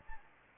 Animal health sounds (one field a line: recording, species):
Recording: mosquito wingbeat signal from an infrared sensor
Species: Anopheles gambiae